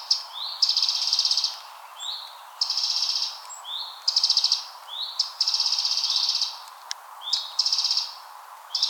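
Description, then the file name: Eurasian wren singing: each phrase opens with a rising slurred note then breaks into a buzzy, rapid high trill, repeated roughly every one to two seconds. "Troglodytes troglodytes"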